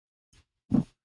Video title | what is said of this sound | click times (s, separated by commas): Join the Rob’s Nerdy Knives Monday livestream on 10-28-24 @ 7 PM CT… lasers/grails/2024 favorites! | can you hear that this is it closing on a button lock this sounds like a detent | 0.7 s